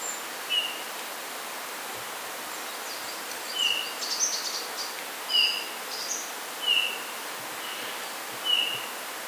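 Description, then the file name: Eurasian bullfinch repeating soft, downslurred piped notes at uneven intervals, with faint higher chirps in the middle and continuous background hiss. "Pyrrhula pyrrhula"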